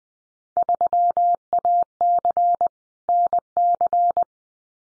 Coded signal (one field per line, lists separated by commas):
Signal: Morse code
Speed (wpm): 19 wpm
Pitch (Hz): 700 Hz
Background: none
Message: 3AC NC